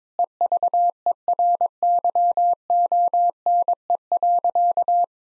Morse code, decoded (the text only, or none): EVERYONE.